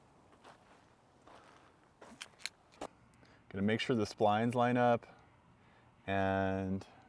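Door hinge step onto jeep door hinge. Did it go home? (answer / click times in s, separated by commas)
no / none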